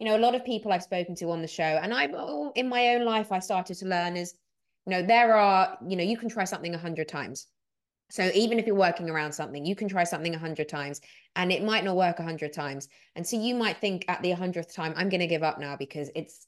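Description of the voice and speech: A woman talks fluently at a relaxed, ordinary pace, with a few fillers such as "you know" and brief pauses; typical speech.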